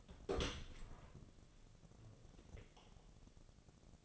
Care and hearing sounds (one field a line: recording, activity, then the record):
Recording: daily activity, microphone in the room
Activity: open door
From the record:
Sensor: 4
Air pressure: 1001.3 hPa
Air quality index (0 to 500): 185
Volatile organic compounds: 3 ppm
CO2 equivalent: 1320 ppm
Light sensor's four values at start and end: 16/37/15/15 and 14/33/13/14